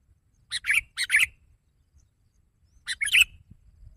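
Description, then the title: Sooty-headed bulbul song: two short bubbly chirped phrases close together, a pause, then another similar phrase, over faint low background rumble. "kutilang"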